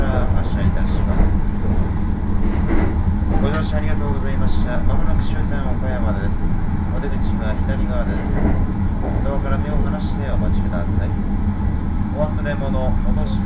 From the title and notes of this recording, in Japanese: 予讃線 快速マリンライナー40号 高松→岡山。5両編成ですが、1両はグリーン＋指定で実質は4両が自由席です。日も暮れてしまった。